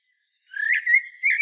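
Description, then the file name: Common blackbird song phrase: a short fluted whistle near one pitch, cut off at the end. "Turdus merula"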